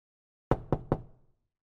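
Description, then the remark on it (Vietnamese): Three sharp, evenly spaced knocks on a door in the middle of the night ring out in quick succession, each a solid thud with a short decay, followed by silence. “Tiếng gõ cửa vang lên đều đều, khiến cho mình giật mình tỉnh giấc.”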